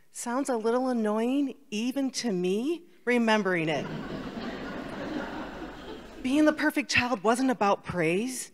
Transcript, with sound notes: Sounds a little annoying, even to me, remembering it (laughter) Being the perfect child wasn't about praise.